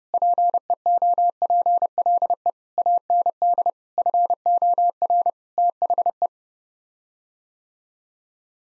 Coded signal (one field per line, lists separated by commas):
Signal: Morse code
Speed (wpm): 32 wpm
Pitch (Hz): 700 Hz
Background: none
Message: PEOPLE AND FOR THE